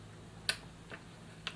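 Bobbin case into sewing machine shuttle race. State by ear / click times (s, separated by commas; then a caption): not seated / none. A metal bobbin case is handled at the shuttle race of a vintage Husqvarna Viking Class 21 sewing machine, where a small latch holds it in place. Sharp metallic ticks sound at 0.5 s, 0.9 s and 1.5 s over a faint steady low hum. The case has not yet seated or clicked into place.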